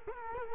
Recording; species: mosquito wingbeat signal from an infrared sensor; Culex quinquefasciatus